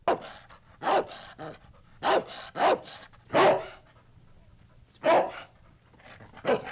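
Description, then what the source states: Dog giving several harsh, aggressive barks at irregular intervals, with quieter breathy sounds between some of them. Ferocious barking and growling.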